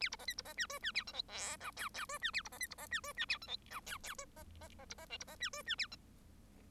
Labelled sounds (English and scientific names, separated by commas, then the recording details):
Bengalese Finch (Lonchura striata domestica) song
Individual Bird1